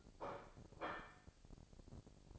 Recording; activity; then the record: daily activity, microphone in the room; place plate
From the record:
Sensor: 5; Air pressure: 1007.6 hPa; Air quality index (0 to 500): 89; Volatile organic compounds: 1 ppm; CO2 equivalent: 703 ppm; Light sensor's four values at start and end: 31/73/30/30 and 31/73/30/30